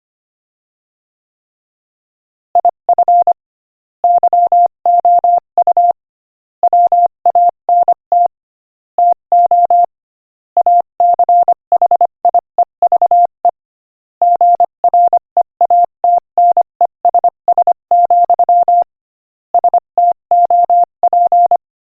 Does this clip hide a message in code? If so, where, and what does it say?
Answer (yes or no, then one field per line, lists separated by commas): yes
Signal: Morse code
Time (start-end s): 2.6-21.6 s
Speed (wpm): 25 wpm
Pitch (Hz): 700 Hz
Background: none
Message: IF YOU WANT TO ACHIEVE GREATNESS, STOP